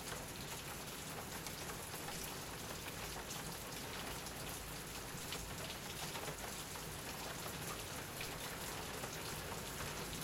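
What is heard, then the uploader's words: Rain patters steadily on a glass roof, a dense, even hiss of countless fine drops with a faint high whine running throughout. Recording of rain on a glass roof. Recorded with a Zoom h4n in Sydney in October 2018.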